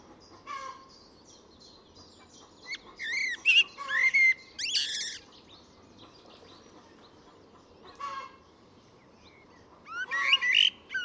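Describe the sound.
Bird calls: scattered chirps, then a dense burst of whistled and buzzy notes around three to five seconds, a short call near eight seconds, and another burst at the end.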